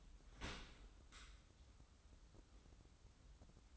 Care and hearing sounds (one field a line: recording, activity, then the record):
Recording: daily activity, microphone in the room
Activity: open dishwasher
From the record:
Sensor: 3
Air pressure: 994.4 hPa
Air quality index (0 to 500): 210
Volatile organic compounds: 1000 ppm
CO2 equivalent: 7008 ppm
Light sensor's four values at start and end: 213/515/219/220 and 214/516/219/221